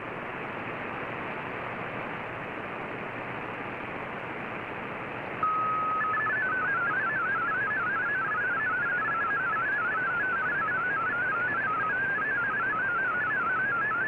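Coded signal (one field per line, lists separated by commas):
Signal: multi-tone FSK (Olivia or MFSK type)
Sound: radio hiss, then a steady tone, then rapid warbling tones hopping up and down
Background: shortwave radio static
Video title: Voice Of America VOA Radiogram Mar 19 2017 on 11580Khz Shortwave Radio in MFSK16,32 with SSTV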